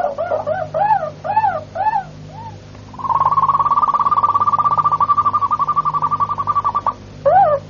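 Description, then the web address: Harz Roller canary giving a few looping hollow notes, then a long even rolling trill that runs about four seconds before the looped notes return, with a steady background hum. "canarios cantoharz"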